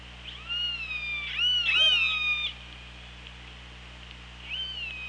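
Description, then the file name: Killer whale pulsed calls, several overlapping whistled and harmonic calls in the first two and a half seconds, then one brief call near the end. Recorded by OrcaLab hydrophone on 24 August 2017 at 15:39. "Orca Lab 20170824 153922 ORCALAB"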